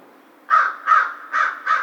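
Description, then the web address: American crow calling with four harsh, hoarse caws in a quick series, the later ones slightly softer. Recorded 2 March 2010. "Crow 2010 03 02 American Crow"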